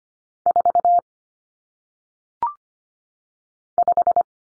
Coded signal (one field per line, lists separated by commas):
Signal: Morse code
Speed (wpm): 25 wpm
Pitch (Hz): 700 Hz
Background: none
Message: 4 5